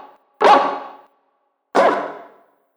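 Dog giving two short, sharp barks about 1.3 seconds apart, each with a quick attack and fading tail, with silence between.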